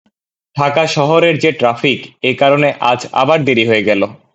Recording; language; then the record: elicited speech; Bengali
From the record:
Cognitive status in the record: cognitively healthy